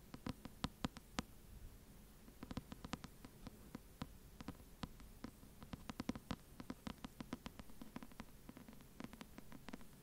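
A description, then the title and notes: Sharp, crisp taps arrive in loose clusters across the whole ten seconds, sometimes a few in quick succession, then a brief pause, most densely after the midpoint. Beneath them runs a soft, steady low murmur with a faint hiss on top. Slow Rhythmic Tapping & Breathing.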